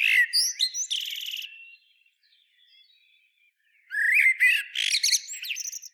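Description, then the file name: Common blackbird finishing a phrase with a high buzzy twitter, a quiet pause with faint notes, then a new phrase of mellow warbles and squeaky high notes. "Turdus merula"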